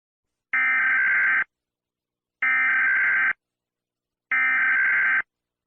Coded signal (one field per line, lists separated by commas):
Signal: Emergency Alert System (SAME) tones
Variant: header bursts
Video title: The Absolute Apocalypse / Murder Drones EAS scenario en español